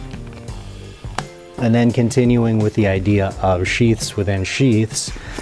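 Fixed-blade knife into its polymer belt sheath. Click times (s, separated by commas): 1.2 s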